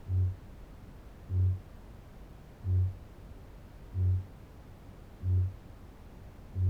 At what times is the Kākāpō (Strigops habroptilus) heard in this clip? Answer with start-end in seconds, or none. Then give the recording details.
0.00-6.69. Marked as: faintness 2/5. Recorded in New Zealand. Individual Barnard